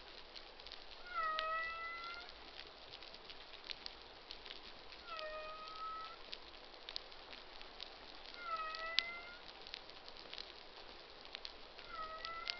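Humpback whale social sounds: four short harmonic cries repeated every three to four seconds amid steady crackling background noise.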